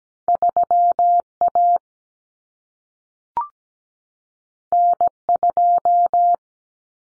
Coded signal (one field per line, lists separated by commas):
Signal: Morse code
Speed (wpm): 17 wpm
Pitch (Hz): 700 Hz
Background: none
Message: 3A N2